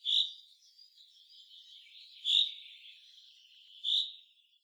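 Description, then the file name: Common chaffinch giving three sharp, bright call notes, with faint thin twittering between them. "Fringilla coelebs"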